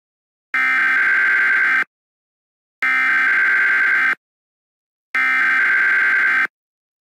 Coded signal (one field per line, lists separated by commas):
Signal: Emergency Alert System (SAME) tones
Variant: header bursts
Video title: MARACKTA- EAS SCENARIO/ANALOG HORROR